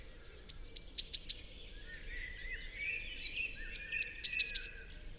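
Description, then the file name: Eurasian blue tit song: two phrases, each two thin very high notes dropping into a short, slightly lower trill, with faint birdsong between them. "Cyanistes caeruleus"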